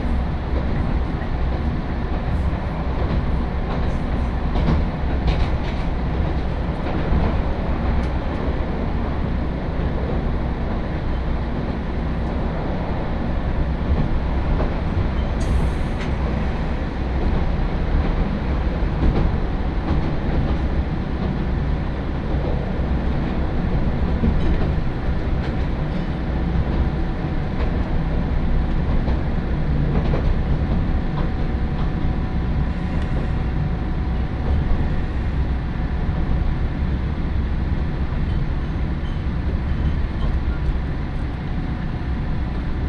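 A Nagaragawa Railway train, the Nagara No. 2, runs from Mino-shi toward Mino-Ota with a steady, dense rumble of wheels and motor that holds an even level throughout. A faint humming tone rides above it, and brief hissing squeaks surface around 15 and 33 seconds.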